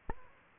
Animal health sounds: mosquito wingbeat signal from an infrared sensor; Aedes aegypti

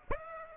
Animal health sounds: mosquito wingbeat signal from an infrared sensor; Aedes aegypti

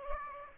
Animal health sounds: mosquito wingbeat signal from an infrared sensor; Aedes aegypti

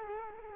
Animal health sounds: mosquito wingbeat signal from an infrared sensor; Culex quinquefasciatus

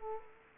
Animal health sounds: mosquito wingbeat signal from an infrared sensor; Culex quinquefasciatus

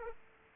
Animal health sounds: mosquito wingbeat signal from an infrared sensor; Aedes aegypti

